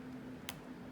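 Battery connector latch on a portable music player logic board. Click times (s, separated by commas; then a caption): 0.5 s. On an iPod Classic logic board, a spudger holds down the white part of the battery connector while a paperclip tool is run along the back of the latch. At 0.5 s the latch flips open with a single sharp click over a steady low hum, and the battery connector latch is released.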